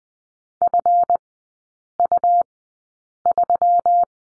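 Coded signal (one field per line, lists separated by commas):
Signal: Morse code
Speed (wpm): 20 wpm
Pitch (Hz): 700 Hz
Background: none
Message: FU3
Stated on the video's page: Morse code course lesson on the letter F, three-character groups at Farnsworth speed 20/10 wpm.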